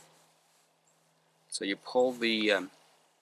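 While loading the magazine of a Crosman 1911 BB pistol, the spring follower lever is being pulled down toward the bottom of the magazine, where it locks. Someone talks over faint background noise. Nothing has clicked or locked into place yet.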